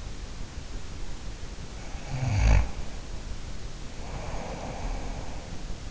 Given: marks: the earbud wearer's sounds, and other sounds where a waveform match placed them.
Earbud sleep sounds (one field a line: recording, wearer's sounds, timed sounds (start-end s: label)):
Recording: sounds in sleep by an in-ear microphone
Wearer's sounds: snoring breath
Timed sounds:
1.86-5.91 s: snoring breath